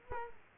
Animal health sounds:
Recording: mosquito wingbeat signal from an infrared sensor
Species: Culex quinquefasciatus

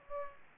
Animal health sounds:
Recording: mosquito wingbeat signal from an infrared sensor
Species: Aedes aegypti

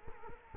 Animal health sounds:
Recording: mosquito wingbeat signal from an infrared sensor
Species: Culex quinquefasciatus

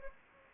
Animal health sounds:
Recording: mosquito wingbeat signal from an infrared sensor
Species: Anopheles gambiae

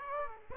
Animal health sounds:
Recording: mosquito wingbeat signal from an infrared sensor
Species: Aedes aegypti

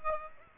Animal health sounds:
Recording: mosquito wingbeat signal from an infrared sensor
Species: Aedes aegypti

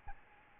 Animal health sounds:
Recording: mosquito wingbeat signal from an infrared sensor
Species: Aedes albopictus

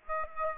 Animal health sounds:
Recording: mosquito wingbeat signal from an infrared sensor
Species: Aedes aegypti

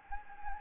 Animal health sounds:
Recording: mosquito wingbeat signal from an infrared sensor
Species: Anopheles gambiae

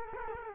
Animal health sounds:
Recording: mosquito wingbeat signal from an infrared sensor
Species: Culex quinquefasciatus

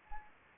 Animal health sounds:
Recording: mosquito wingbeat signal from an infrared sensor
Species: Anopheles arabiensis

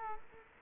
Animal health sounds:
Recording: mosquito wingbeat signal from an infrared sensor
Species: Culex quinquefasciatus

